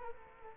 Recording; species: mosquito wingbeat signal from an infrared sensor; Culex quinquefasciatus